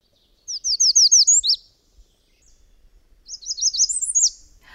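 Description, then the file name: American Redstart song: two high, quick phrases of repeated sweet notes, each ending with an emphatic downslurred flourish, separated by a short pause. Recorded 15 June 2000. "2000-06-15 American Redstart"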